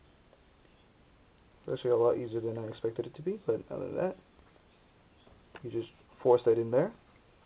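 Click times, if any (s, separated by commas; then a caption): none. A plastic hand is being forced onto the wrist peg of a Revoltech Hot Rod action figure's arm while someone talks over faint handling noise. Nothing has seated or snapped into place yet by the end of the clip.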